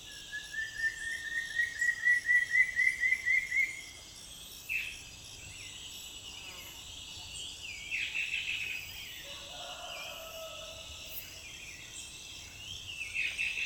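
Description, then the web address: Antshrike delivering a rapid series of whistled notes that rise gently in pitch for several seconds, then scattered short high calls amid a steady insect chorus. "sound Frederickena. صدای-پرنده-فردریکنا"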